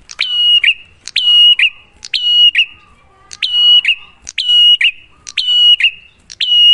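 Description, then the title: Prinia phrases, each a clipped onset, then a level piercing whistle ending in a brief lower note, repeated roughly every second with a short gap midway. Prenjak master recording (masteran), a duet of Cililin vs Kapas Tembak; lure (pancingan) to make a prenjak sing, in active (gacor), clear song. "Masteran Duet Cililin Vs Kapas Tembak. Pancingan Prenjak Gacor Suara Jernih"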